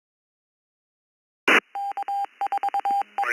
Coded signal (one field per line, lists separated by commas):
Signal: Morse code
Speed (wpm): 22 wpm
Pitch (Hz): 800 Hz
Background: none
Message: K4E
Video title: East Coast Reflector Morning Brew 1182 plus the 2nd cup 2026 03 27 07 00 09